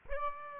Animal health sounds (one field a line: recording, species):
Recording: mosquito wingbeat signal from an infrared sensor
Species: Aedes aegypti